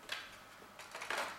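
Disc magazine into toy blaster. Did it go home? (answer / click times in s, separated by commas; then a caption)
yes / 1.1 s. A plastic disc magazine is pushed into a Nerf Vortex Praxis toy blaster, with a short sharp tap near the start and sliding, scraping sounds as it goes in. The characteristic latching click comes at 1.1 s, showing the magazine is seated and inserted correctly.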